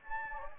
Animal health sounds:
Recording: mosquito wingbeat signal from an infrared sensor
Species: Anopheles gambiae

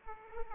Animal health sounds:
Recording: mosquito wingbeat signal from an infrared sensor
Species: Aedes aegypti

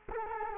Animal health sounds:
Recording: mosquito wingbeat signal from an infrared sensor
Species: Culex quinquefasciatus

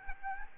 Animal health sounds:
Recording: mosquito wingbeat signal from an infrared sensor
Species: Aedes albopictus

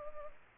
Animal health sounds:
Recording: mosquito wingbeat signal from an infrared sensor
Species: Culex pipiens

